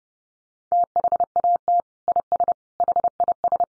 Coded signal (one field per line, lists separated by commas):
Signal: Morse code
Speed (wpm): 30 wpm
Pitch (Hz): 700 Hz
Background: none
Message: THAT IS HIS